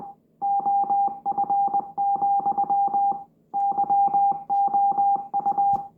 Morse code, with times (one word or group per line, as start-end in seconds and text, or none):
0.4-3.1 OF,
3.6-5.8 YOU